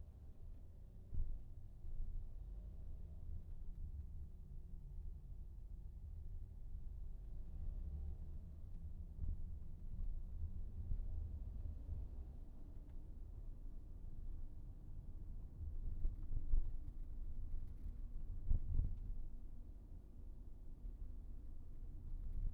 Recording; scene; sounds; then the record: everyday scene through a hearing-aid microphone; in a vehicle; engine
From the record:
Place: VW T5 Caravelle, diesel engine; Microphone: behind the ear, right, front